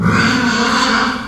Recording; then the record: squeal of a Yucatan mini pig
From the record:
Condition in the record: after surgery on the right vocal fold (resection and tissue-engineered implant); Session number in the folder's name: 16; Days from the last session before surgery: 183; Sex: female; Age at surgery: 19 weeks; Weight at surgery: 25 kg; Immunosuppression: prednisolone